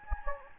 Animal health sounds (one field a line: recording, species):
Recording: mosquito wingbeat signal from an infrared sensor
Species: Anopheles gambiae